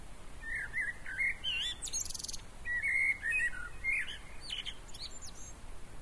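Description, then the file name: Common blackbird giving a run of short warbled, twittering phrases with squeaky high buzzy notes, several phrases in quick succession over faint background hiss. "Turdus merula"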